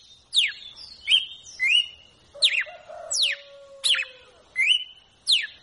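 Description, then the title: Red-cowled cardinal song: clear whistled notes, sharp high downslurs mixed with rising whistles that level off, several in quick succession, with faint whistles behind. Female red-cowled cardinal song, used to warm up and stimulate a male to sing. "Canto Galo Campina Fêmea"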